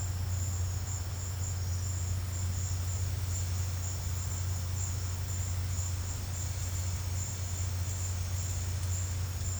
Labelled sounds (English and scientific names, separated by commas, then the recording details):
none
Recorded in pastures near Puerto Asís, Putumayo, Colombia, on 15 December 2024 at 14:00
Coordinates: 0.502, -76.324
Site G077